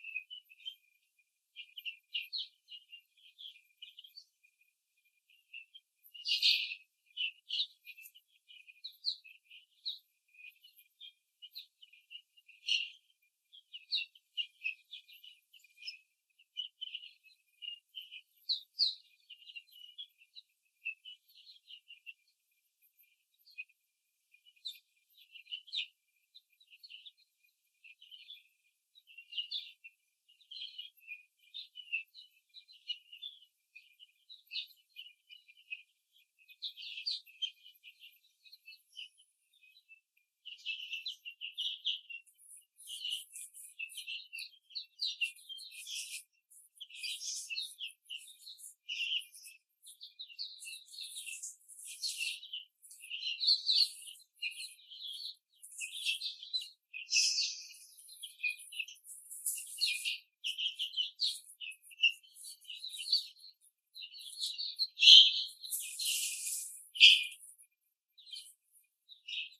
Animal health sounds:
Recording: young laying hens in a cage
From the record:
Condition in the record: after the stressor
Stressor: simulated dog barking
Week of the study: 3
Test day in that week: 1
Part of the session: 2

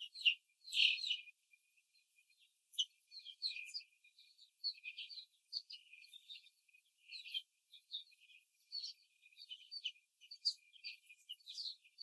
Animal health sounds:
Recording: young laying hens in a cage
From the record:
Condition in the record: before the stressor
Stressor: simulated dog barking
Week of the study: 3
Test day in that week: 2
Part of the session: 3

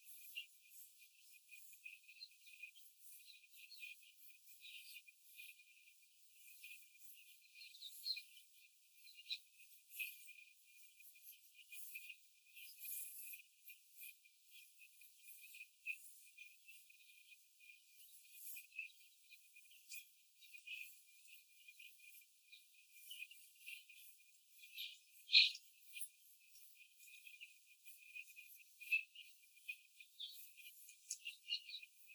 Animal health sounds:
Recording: young laying hens in a cage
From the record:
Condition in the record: after the stressor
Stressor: simulated dog barking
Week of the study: 4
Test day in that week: 1

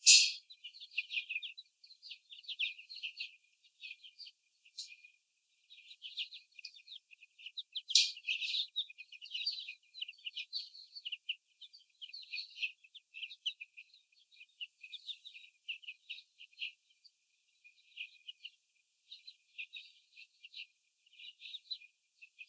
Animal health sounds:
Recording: young laying hens in a cage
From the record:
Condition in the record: after the stressor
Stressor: sudden umbrella opening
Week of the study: 3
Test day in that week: 2

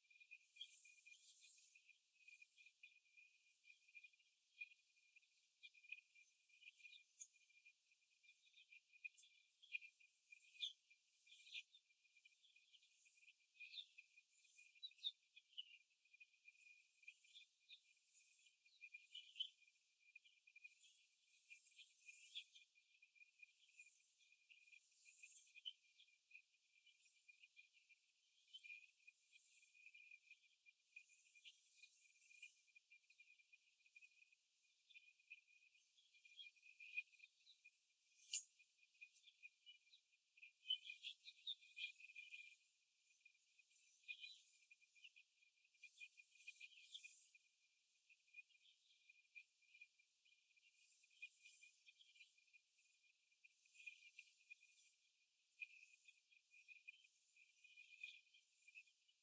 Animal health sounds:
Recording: young laying hens in a cage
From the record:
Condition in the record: after the stressor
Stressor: simulated dog barking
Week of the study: 2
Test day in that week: 2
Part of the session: 3

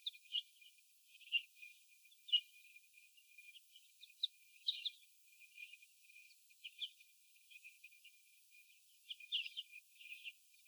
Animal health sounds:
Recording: young laying hens in a cage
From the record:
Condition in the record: before the stressor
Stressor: sudden umbrella opening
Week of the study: 2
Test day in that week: 1

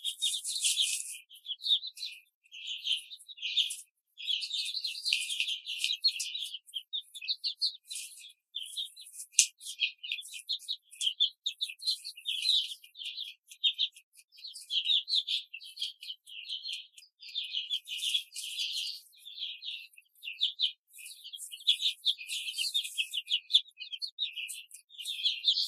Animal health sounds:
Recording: young laying hens in a cage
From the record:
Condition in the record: control cage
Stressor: none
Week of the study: 5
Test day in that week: 1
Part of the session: 1

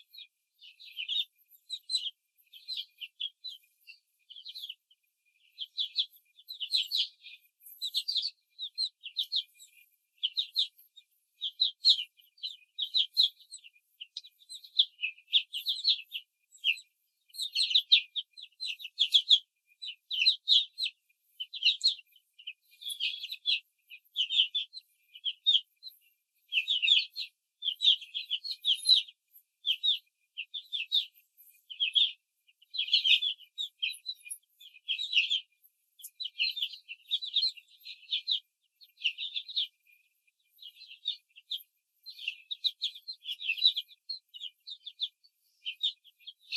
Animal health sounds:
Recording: young laying hens in a cage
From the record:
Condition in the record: control cage, before the stress test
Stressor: none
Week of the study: 4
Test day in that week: 1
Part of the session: 3

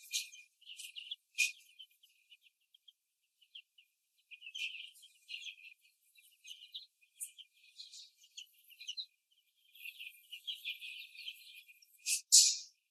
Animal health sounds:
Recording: young laying hens in a cage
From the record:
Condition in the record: after the stressor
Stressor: simulated dog barking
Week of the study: 2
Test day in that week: 3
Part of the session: 1

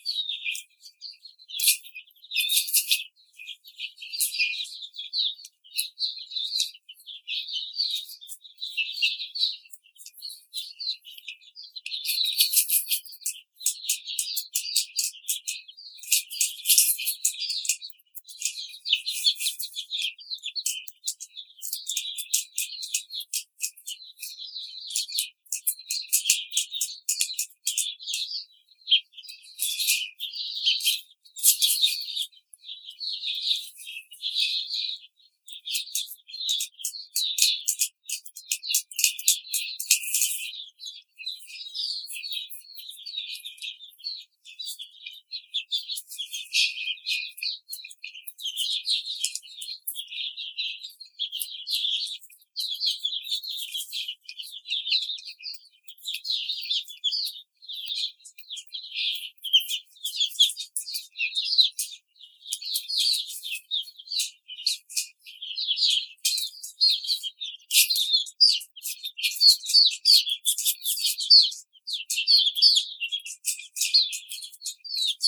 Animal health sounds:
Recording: young laying hens in a cage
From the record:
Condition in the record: treatment cage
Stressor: simulated dog barking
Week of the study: 5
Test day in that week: 1

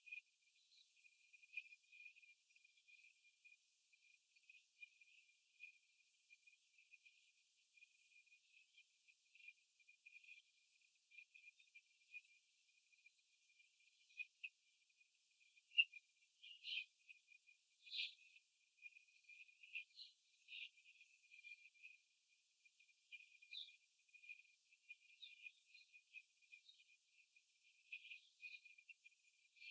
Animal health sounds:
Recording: young laying hens in a cage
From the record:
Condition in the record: control cage, after the stress test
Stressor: none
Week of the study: 4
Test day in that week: 3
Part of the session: 4

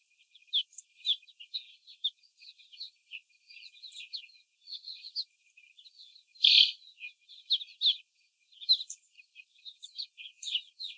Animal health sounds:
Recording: young laying hens in a cage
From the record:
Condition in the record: after the stressor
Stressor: simulated dog barking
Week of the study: 4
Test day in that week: 3

